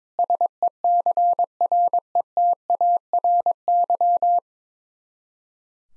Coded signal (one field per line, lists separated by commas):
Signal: Morse code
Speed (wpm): 22 wpm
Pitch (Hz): 700 Hz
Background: none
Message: SECRETARY